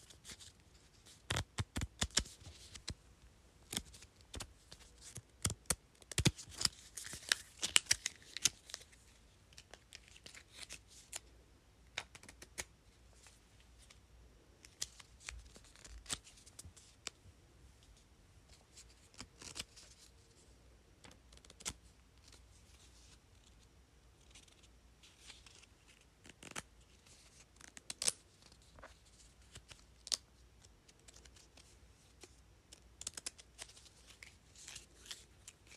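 Sticky notes are flipped and tapped, giving crisp papery flicks and dry taps in irregular bursts. The busiest flurry comes early, around five to nine seconds, then sparser clicks continue over a faint low hum.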